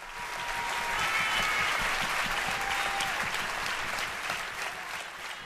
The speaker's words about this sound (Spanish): y la gente sigue aplaudiendo.